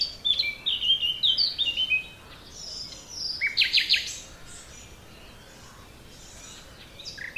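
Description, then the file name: Common nightingale song: a chattering run of chirps followed by a loud rattled burst, then near silence with a last sharp note. "Luscinia megarhynchos"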